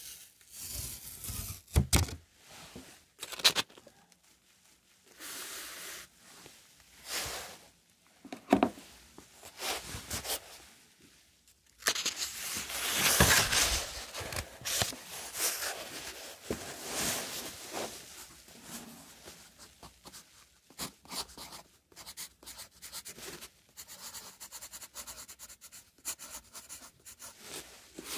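Dry handling sounds: soft rubbing and scratching like a pen writing, broken by sharp rustling bursts around 2, 5 and 8 seconds. A louder, denser scrape near 13 seconds gives way to quieter, irregular scratching through the end.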